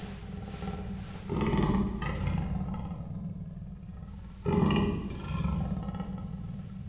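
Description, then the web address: Persian leopard snoring with two louder rasping breaths a few seconds apart over a softer rumbling drone of deep, rough breathing. Captive animal in a zoo in Miskolc, Hungary, in 2018; real snoring. "perzsa leopard igazihorges miskolczoo"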